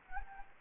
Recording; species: mosquito wingbeat signal from an infrared sensor; Anopheles gambiae